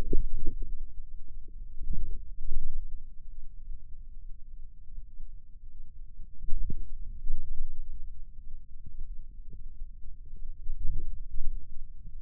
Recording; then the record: forearm muscle sounds (acoustic myography)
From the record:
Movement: radial deviation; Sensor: system 2, bracelet of six BSWA MPA416 microphones around the upper forearm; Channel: 2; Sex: male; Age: 22 years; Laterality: right